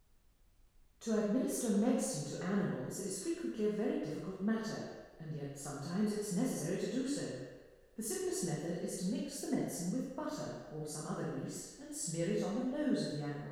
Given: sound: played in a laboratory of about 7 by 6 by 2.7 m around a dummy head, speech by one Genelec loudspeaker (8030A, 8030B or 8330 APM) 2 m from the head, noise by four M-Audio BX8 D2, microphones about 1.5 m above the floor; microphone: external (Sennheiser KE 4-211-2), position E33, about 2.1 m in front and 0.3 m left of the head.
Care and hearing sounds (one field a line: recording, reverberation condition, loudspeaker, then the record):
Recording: female speech in English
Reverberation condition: high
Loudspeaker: 30 degrees to the right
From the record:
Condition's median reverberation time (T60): about 1300 ms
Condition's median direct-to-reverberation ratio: about -4.0 dB